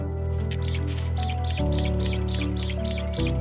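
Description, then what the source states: Hummingbird song: rapid, high, squeaky chirps repeated several times a second over steady background music. Common hummingbird (colibrí común), given as an example of its particular song, unlike that of familiar birds such as thrushes or sparrows.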